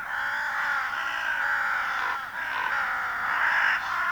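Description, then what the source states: Hooded Crow giving a continuous harsh, rasping call with only a brief dip, lasting about four seconds. Finland; released 1987.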